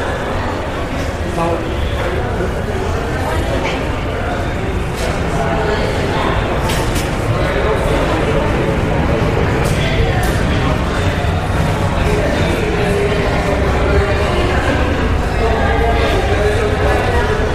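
An airport check-in hall hums with steady murmuring voices of passengers, dense and constant, with occasional light clicks and footsteps scattered throughout.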